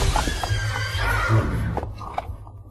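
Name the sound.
horse whinnying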